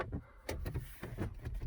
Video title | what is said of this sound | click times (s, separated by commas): Huge Android HEADUNIT for Jeep Wrangler JK, unboxing, review and installation | push it in until you hear the click | 0.0 s, 0.5 s